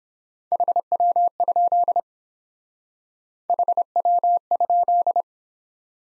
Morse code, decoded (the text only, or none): HW? HW?